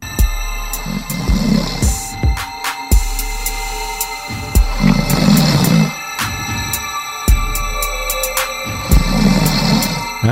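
Three rough, low, rumbling snores come about every 3.5 to 4 seconds, around 15 a minute, each lasting about a second. This is ordinary sleep snoring by an adult man, a woman's husband. His wife mixed the snoring into music with a steady percussive beat and sustained tones underneath.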